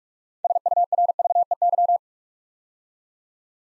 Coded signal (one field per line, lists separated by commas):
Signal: Morse code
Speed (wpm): 44 wpm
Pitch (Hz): 700 Hz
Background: none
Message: SURVEY